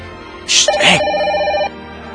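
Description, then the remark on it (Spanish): A phone rings with an incoming call: a short electronic ringtone opening with two bright chirps, then a steady held tone lasting about a second, fairly loud with no talking over it. “Puta madre, me está hablando por teléfono.”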